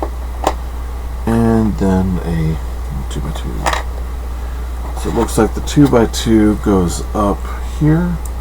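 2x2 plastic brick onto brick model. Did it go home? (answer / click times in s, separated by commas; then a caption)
no / none. A 2x2 plastic building brick is handled over a stagecoach brick model, ready to be pressed on, while someone talks over a steady low hum. Two brief taps sound near the start, but the brick has not seated or clicked into place yet.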